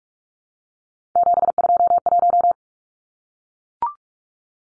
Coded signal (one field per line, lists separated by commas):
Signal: Morse code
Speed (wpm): 44 wpm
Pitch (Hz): 700 Hz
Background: none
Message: 721